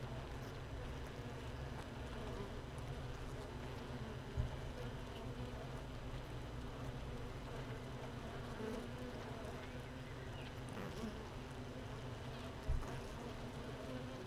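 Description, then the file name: Honey bee hive hum, a steady low drone with layered buzzing tones throughout, faint scattered ticks, and two brief knocks, one early and one near the end. Hive 1 recorded without a queen, 31 May 2018, 15:30. "Hive 1 31 05 2018 NO Queen Bee H 1 audio 15 30 00"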